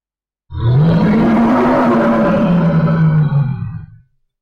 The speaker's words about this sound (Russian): Воздух сотрясает оглушительный первобытный рев. Огромная тень затмевает солнце. С неба, сминая огненных саламандр, как скорлупу ореха, камнем падает исполинская туша. Земля дрожит от удара. Прямо передо мной приземляется медведица алой кости,